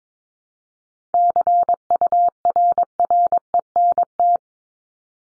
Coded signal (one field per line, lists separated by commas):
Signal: Morse code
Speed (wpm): 22 wpm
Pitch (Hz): 700 Hz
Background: none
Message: CURRENT